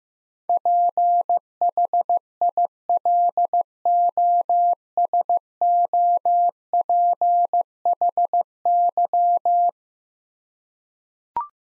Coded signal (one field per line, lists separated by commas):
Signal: Morse code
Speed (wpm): 16 wpm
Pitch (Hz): 700 Hz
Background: none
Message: PHILOSOPHY